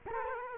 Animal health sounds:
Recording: mosquito wingbeat signal from an infrared sensor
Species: Culex quinquefasciatus

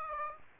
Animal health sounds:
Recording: mosquito wingbeat signal from an infrared sensor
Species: Aedes aegypti

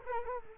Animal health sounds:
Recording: mosquito wingbeat signal from an infrared sensor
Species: Culex quinquefasciatus

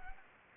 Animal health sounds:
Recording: mosquito wingbeat signal from an infrared sensor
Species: Anopheles gambiae

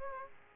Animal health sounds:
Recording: mosquito wingbeat signal from an infrared sensor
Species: Aedes aegypti

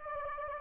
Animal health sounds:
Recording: mosquito wingbeat signal from an infrared sensor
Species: Anopheles gambiae

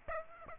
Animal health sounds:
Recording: mosquito wingbeat signal from an infrared sensor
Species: Aedes aegypti

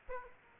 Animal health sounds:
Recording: mosquito wingbeat signal from an infrared sensor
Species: Aedes aegypti

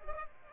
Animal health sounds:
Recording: mosquito wingbeat signal from an infrared sensor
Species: Culex pipiens

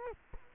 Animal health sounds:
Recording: mosquito wingbeat signal from an infrared sensor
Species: Culex quinquefasciatus

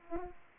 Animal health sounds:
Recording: mosquito wingbeat signal from an infrared sensor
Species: Aedes aegypti

